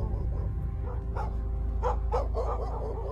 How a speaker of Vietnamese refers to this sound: bầy chó ở trong xóm cũng chõ hết về bên nhà thằng Tâm mà cắn lên râm ran